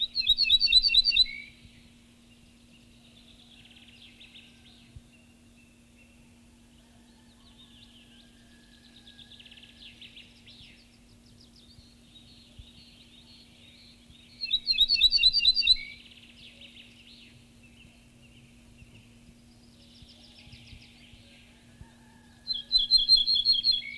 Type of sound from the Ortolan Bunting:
song